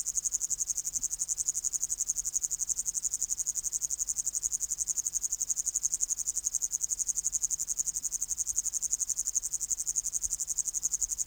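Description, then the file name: Upland green bush-cricket stridulating in a steady, high-pitched, pulsing buzz that runs unbroken for the whole stretch, with very little other sound. "Tettigonia cantans"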